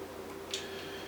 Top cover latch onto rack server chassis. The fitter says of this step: it'll click right into place